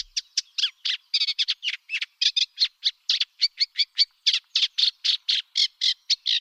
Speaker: A reed warbler can sing for 3 minutes nonstop.